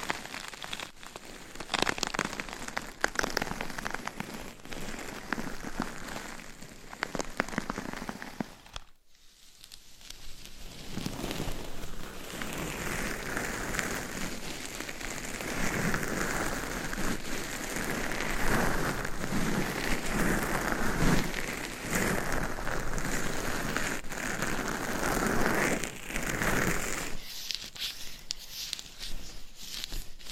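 Scratching and rubbing on a microphone cover makes a dense, rain-like rustle full of fine ticks. It stops briefly just before 9 seconds, then returns rougher and louder from about 13 to 27 seconds before easing to a softer patter at the end.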